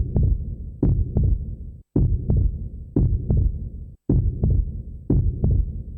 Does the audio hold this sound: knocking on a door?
no